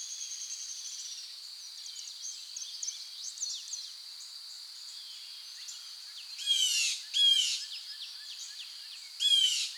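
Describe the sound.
Bird song of quick chirps and sharp descending notes, with louder bursts of rapid chatter in the later part, over a steady high hum.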